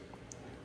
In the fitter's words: now it's locked in there